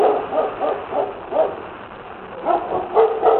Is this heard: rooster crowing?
no